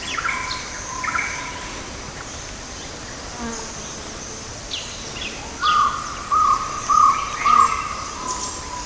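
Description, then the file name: Jungle owlet calling a series of four short, even, mid-pitched hooting notes about every 0.6 seconds near the end, after quieter faint notes and steady background noise. "Glaucidium radiatum - Jungle Owlet"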